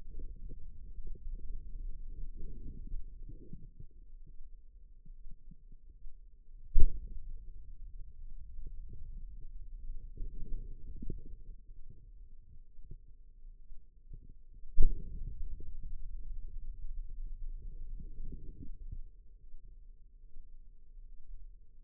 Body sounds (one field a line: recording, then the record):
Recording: forearm muscle sounds (acoustic myography)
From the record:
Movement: pen grasping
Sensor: system 2, bracelet of six BSWA MPA416 microphones around the upper forearm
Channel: 4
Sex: female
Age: 25 years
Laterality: right